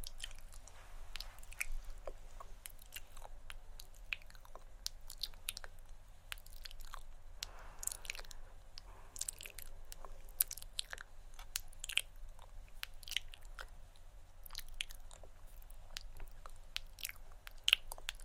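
Hand movements and assorted mouth sounds: a steady run of short, sharp tongue clicks and tk-tk taps, sometimes in quick pairs or clusters, some bright and crisp. A wetter, smeared patch comes around eight seconds, over a constant low hum throughout.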